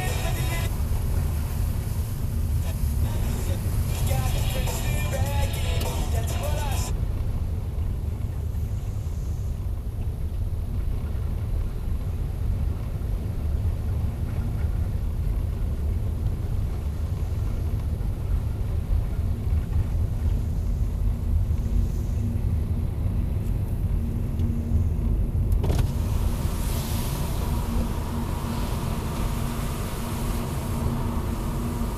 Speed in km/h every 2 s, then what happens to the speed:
19, 19, 18, 16, 15, 18, 19, 18, 18, 21, 26, 32, 35, 37, 40, 42.
0-17 steady at about 18. 17-32 speeds up to 42.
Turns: none.